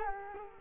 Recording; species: mosquito wingbeat signal from an infrared sensor; Culex quinquefasciatus